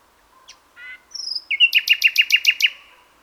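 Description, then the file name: Common nightingale song: a few soft notes and a high whistle, then a loud, even series of about eight rapid repeated chirps. "Luscinia megarhynchos"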